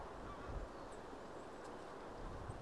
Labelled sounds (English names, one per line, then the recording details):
Song Thrush
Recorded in Germany
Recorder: ecoPi